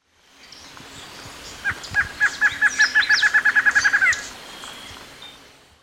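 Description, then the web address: Lined antshrike song: about fifteen nasal notes that accelerate into a fast rattle-like series and end with an upward flick, with faint background birds. Ecuador. "Natures Songs S America Birds of Ecuador 25 Lined Antshrike"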